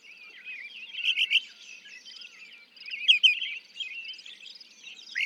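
Northern mockingbird song: a varied run of quick warbled and twisting phrases, louder bursts around one and three seconds, with a steady twittering chorus of other birds behind.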